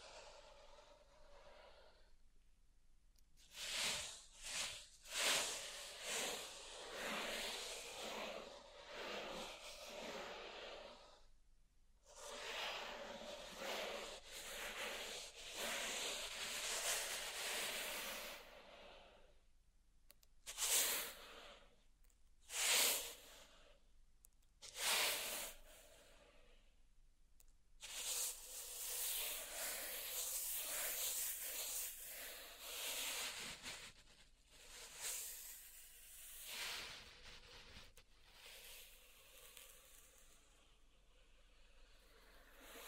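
Pink salt in a zen garden makes gritty, hissing scrapes that come in bursts of several seconds, bright and grainy. Short silent gaps break them up every few seconds, and a few sharper, louder strokes stand out near 20, 23 and 25 seconds.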